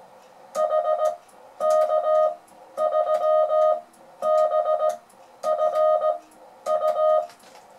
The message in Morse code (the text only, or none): HK3BFU